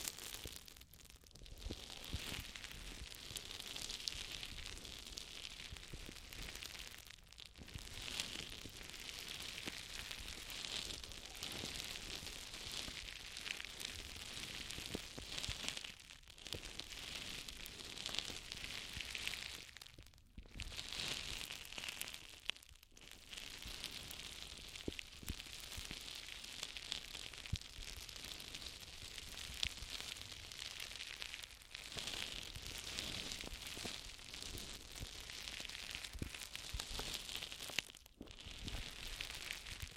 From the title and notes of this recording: ASMR Intense Ear Massage. (No Talking).